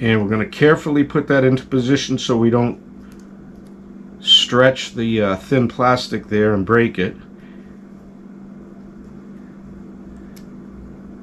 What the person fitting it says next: and that pops right in there